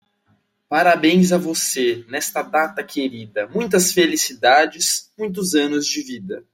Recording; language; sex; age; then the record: short text; Brazilian Portuguese; male; 20 to 29 years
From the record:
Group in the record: control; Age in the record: 22 years